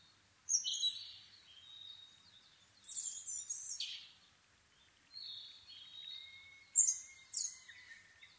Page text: kosamebitaki-20110426-0439. Muscicapa dauurica [Sounds -Nikko Today-]. 4/ 26 2011, 4:39 alt=730m